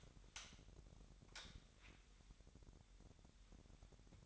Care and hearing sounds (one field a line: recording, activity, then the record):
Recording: daily activity, microphone in the room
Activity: light on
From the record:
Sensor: 3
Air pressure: 1011.9 hPa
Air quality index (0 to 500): 228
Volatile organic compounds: 4 ppm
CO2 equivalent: 1697 ppm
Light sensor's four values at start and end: 13/31/13/13 and 16/40/17/17